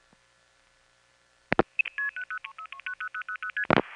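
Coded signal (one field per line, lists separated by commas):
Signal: multi-frequency trunk signalling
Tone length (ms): 80 ms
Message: 03 0000ST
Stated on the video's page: Recorded audio from the analog long distance telephone network.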